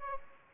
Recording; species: mosquito wingbeat signal from an infrared sensor; Anopheles gambiae